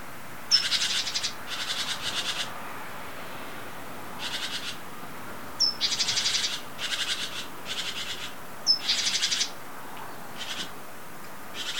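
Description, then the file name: Great tit calling: a thin high note followed by harsh, buzzy churring rattles in short bursts, repeated several times over a low background hum. "Parus major"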